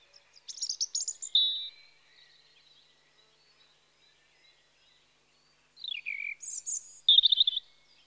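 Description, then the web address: European robin song in two phrases separated by a pause: sparkling high trills and whistles, then a descending slurred note and a rattling flourish. Spring. "BBC Sound Effects Library (Birds) Robin (Erithacus Rubecula) Spring"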